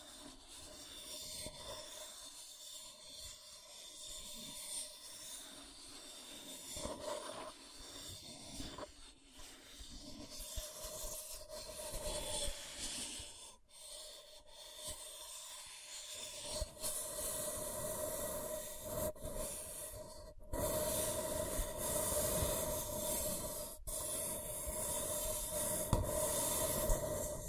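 Scratching and tracing: a rough, dense scraping texture made of irregular strokes, with a few brief pauses near 14, 20 and 24 seconds. A steady mid-pitched hum runs underneath throughout, and the scratching grows louder and brighter after about 17 seconds.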